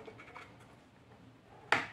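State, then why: Seated. The electronic controller board of a Lorenzetti Acqua Ultra electric shower is pushed into its housing with the contacts facing up, with faint scraping and rubbing at first. A sharp, bright click sounds at 1.7 s as the board seats in place.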